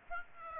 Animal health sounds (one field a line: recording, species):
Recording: mosquito wingbeat signal from an infrared sensor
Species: Aedes aegypti